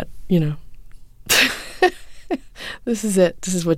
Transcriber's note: laughter